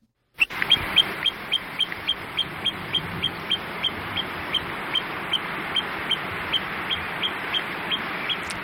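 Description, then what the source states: Shore plover calls, many sharp high notes repeated rapidly over a constant rush of ocean surf. A group of shore plovers (tuturuatu) heard with ocean sound; these birds live in wild, rugged environments around the Chatham Islands, New Zealand.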